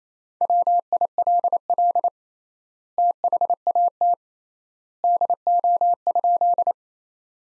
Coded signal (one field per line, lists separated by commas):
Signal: Morse code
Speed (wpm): 28 wpm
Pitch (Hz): 700 Hz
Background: none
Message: WILL THAT DO?